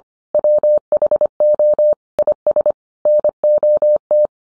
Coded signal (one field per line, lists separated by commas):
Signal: Morse code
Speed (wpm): 25 wpm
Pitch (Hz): 600 Hz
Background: none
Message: WHO IS NOT